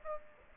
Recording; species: mosquito wingbeat signal from an infrared sensor; Aedes aegypti